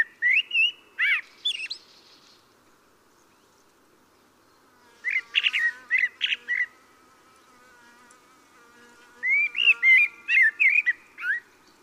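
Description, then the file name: Common blackbird phrases of mellow notes and high chirps, three bursts throughout. "Turdus merula"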